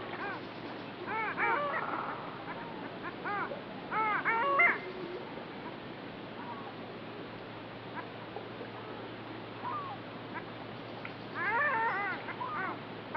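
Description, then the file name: Long-tailed duck giving a few scattered bursts of nasal, wavering yodel-like calls, with quieter gaps between them. "Digiffects Sound Effects Library - Long Tailed Duck"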